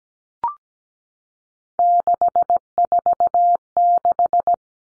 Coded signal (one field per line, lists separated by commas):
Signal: Morse code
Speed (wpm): 17 wpm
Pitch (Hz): 700 Hz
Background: none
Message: 646